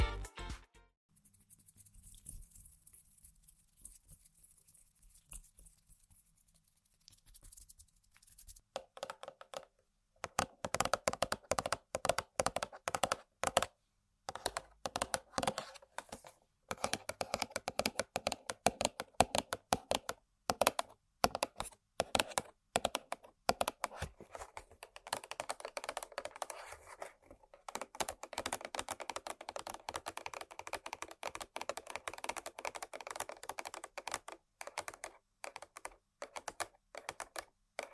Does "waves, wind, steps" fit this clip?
no